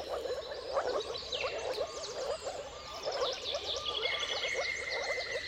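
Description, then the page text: Moor frog chorus of soft, popping calls beneath busy birdsong, including a long steady whistle near the end. Dawn chorus of many moor frogs giving mating calls at sunrise, at the turn of March and April, timing depending on the weather. "Jakub-Orzecki moor frogs. Dawn’s Chorus: Mating Calls of Marsh Frogs at Sunrise. Depending on the weather at the turn of March and April, you can witness an amazing spectacle of moor frogs"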